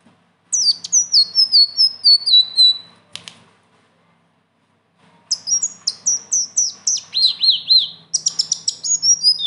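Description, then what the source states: Leafbird song: two rapid bursts of high whistled and rolling notes, the second with wavering trills, separated by a short pause. Bird singing persistently (gacor) with rolling phrases (ngeroll) and fill-in phrases (isian); training song (masteran).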